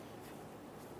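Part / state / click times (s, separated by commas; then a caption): tailgate lock assembly into tailgate handle / not seated / none. The lock assembly taken from the old tailgate handle of a 2014-2018 Chevrolet Silverado 1500 is handled and pushed straight down into the new plastic tailgate handle. Only a steady, low broadband noise is heard, with no distinct transients. Nothing has seated or clicked yet.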